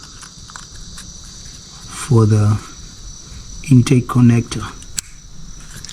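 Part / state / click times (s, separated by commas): electrical connector into intake VVT solenoid / seated / 5.0 s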